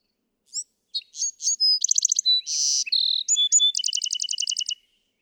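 Bewick's wren delivers one long song: scattered high whistled notes, a quick burst of repeated notes, a rasping buzz, then a rapid rattling trill.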